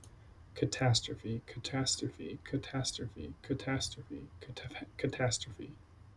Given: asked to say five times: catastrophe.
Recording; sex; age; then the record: repeated word; male; 30 to 39 years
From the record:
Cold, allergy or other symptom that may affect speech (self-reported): no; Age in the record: 30 years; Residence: Virginia, United States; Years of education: 18